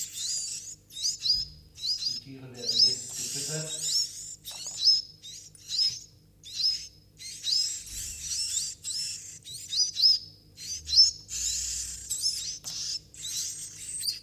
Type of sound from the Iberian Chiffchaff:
call